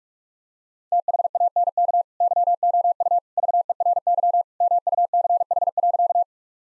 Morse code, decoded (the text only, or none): THANK YOU VERY MUCH.